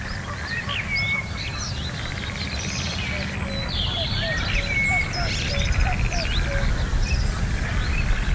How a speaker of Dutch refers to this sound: En dat was de koekoek, maar die herkent iedereen natuurlijk.